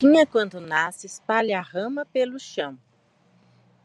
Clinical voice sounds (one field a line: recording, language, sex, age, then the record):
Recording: short text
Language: Brazilian Portuguese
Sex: female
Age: 40 to 49 years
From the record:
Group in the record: control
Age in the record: 47 years